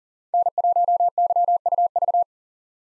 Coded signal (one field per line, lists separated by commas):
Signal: Morse code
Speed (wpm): 40 wpm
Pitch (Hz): 700 Hz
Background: none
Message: N1YUV